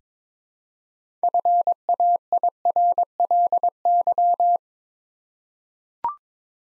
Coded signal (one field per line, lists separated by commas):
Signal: Morse code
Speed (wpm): 22 wpm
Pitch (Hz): 700 Hz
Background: none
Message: FAIRLY